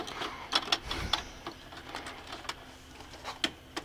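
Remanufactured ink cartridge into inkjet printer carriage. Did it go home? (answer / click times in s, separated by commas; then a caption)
no / none. A remanufactured PG-245 XL ink cartridge is pushed into an inkjet printer carriage but will not latch, which is why it did not work. A few short, sharp ticks and knocks sound around 0.6, 0.7, 1.1 and 3.5 seconds over a quiet background. Nothing has seated or clicked into place yet.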